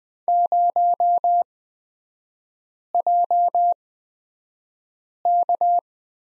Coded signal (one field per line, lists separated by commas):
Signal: Morse code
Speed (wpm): 20 wpm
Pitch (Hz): 700 Hz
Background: none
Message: 0JK